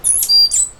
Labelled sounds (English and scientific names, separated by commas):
Stitchbird (Notiomystis cincta) song